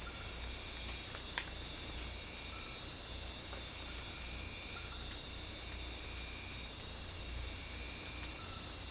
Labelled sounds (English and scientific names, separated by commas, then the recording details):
none
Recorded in secondary vegetation near Puerto Asís, Putumayo, Colombia, on 18 December 2024 at 22:30
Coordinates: 0.481, -76.318
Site G042